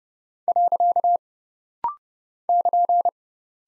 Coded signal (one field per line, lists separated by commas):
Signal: Morse code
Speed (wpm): 30 wpm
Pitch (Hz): 700 Hz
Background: none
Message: . <KN>